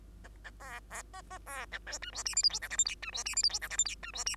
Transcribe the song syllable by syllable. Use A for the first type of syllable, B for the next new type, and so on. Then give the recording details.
A A B B C C B A D E F G H I J K L M N E F G H I J K L M N E F G. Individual Bird2